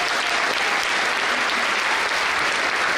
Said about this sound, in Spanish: Entonces, que queremos un fuerte aplauso pues al Señor.